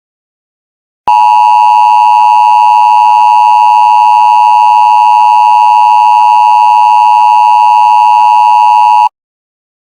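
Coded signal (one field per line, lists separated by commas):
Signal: Emergency Alert System (SAME) tones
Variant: 853 and 960 Hz attention tone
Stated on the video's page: Example alert made with an Emergency Alert System Creator.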